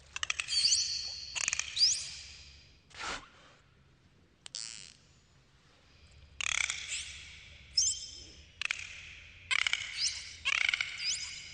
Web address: Epidemic Sound Albums SFX Animals Dolphin Under Water